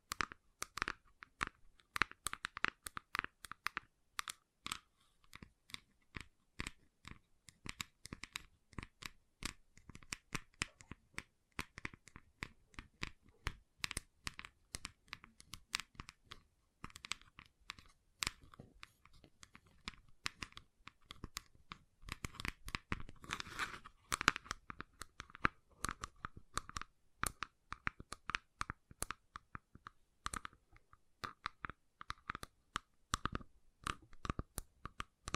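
Gentle tapping in quick, dense clusters of crisp clicks and crinkly crunches, continuing unevenly for the whole stretch with brief lulls between bursts.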